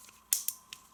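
A plastic Boo ghost piece is pushed by hand into its notched slot on the plastic track mount of a Hot Wheels Mario Kart Boo's Spooky Sprint playset. A sharp plastic snap at 0.3 s seats it in place, followed by two fainter clicks at about 0.5 s and 0.7 s.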